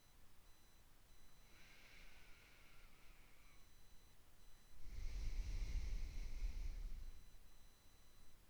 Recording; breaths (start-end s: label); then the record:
nose breathing near a microphone
1.31-4.17 s: inhalation
4.89-7.74 s: exhalation
From the record:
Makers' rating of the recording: medium